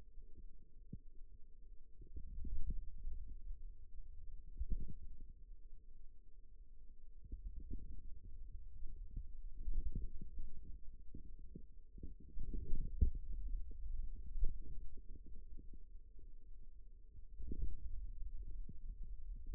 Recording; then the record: forearm muscle sounds (acoustic myography)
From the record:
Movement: ulnar deviation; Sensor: system 2, bracelet of six BSWA MPA416 microphones around the upper forearm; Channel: 3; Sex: male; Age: 22 years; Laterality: right